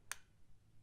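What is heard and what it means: A U-lock shackle is slid into the plastic bracket body of a Kryptonite Transit FlexFrame U bracket mounted on a bike frame. A single sharp click sounds at 0.1 s over a faint low background hum, and the lock is seated and secured in the bracket.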